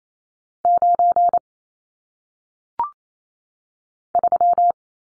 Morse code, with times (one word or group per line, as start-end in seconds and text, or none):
0.6-1.4 9
4.1-4.7 3